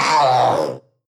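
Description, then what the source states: Panther cry: a single harsh, moaning wail lasting under a second, rich and buzzy in tone. Young, crying.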